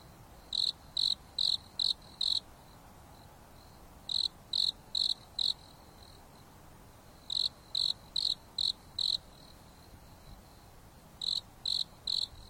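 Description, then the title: Insect song: high, pure chirps in bursts of about five rapid pulses, each burst repeated every three to four seconds over a steady soft hiss. Insects singing at night on a mountain top under a starry sky, with a gentle breeze blowing. "There is a gentle breeze blowing on the top of the mountain under the starry sky, and the insects are singing leisurely."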